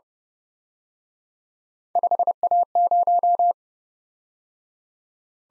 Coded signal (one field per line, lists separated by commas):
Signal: Morse code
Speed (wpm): 28 wpm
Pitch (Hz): 700 Hz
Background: none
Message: 5A0